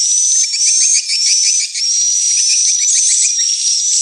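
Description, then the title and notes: Swiftlet calls: a steady high whine over a row of quick, lower chirps, amid constant shrill twittering. Swiftlet house sound of the AKAU brand, from Tien Giang, Vietnam. "Am thanh nha yen Akau Vietnam - Tien giang. Những âm thanh chim yến thuộc thương hiệu AKAU"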